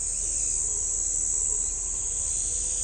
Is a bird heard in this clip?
no